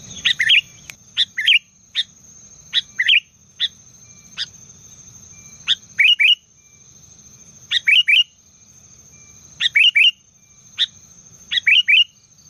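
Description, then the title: Sooty-headed bulbul giving brief chirpy whistled phrases and single sharp notes at irregular intervals, against a low rumble and a steady high whine. "Kutilang"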